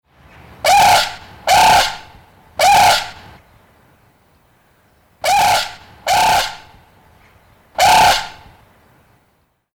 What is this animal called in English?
Brolga